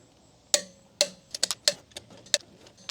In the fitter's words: And when we hear the click, that's when we know it's good.